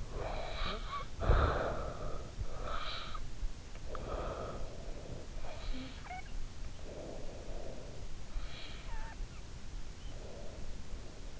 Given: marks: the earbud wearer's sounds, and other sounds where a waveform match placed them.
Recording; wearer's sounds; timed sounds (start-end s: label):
sounds in sleep by an in-ear microphone; snoring breath
0.00-2.45 s: snoring breath
2.53-5.29 s: snoring breath
5.51-8.20 s: snoring breath
8.30-11.40 s: snoring breath